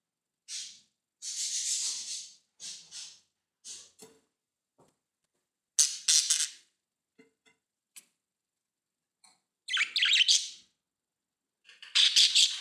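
Budgerigar chirps and harsh chatter in short bursts of varying length, separated by silent gaps, with a few faint clicks between calls.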